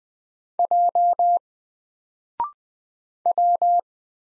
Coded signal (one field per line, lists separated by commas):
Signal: Morse code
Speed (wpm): 20 wpm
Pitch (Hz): 700 Hz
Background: none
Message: J W